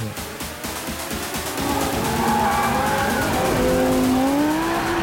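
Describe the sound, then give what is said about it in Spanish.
Cars in an illegal street race roar and rev loudly while tires screech in long, rising squeals, an engine's pitch climbing steadily over a constant rumble, with no voices. “La típica carrerica de coches ilegales.”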